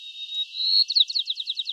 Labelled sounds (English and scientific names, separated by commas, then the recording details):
White-crowned Sparrow (Zonotrichia leucophrys) song
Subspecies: nuttalli
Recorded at Elkhorn Slough, California, in 2014
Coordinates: 36.810, -121.789
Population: admixed
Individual ELKH_maleC